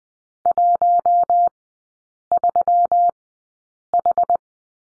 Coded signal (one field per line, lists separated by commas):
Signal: Morse code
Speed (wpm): 20 wpm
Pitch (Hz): 700 Hz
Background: none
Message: 13H